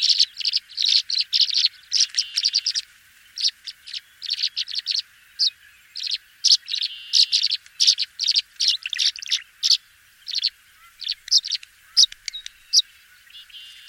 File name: tree swallow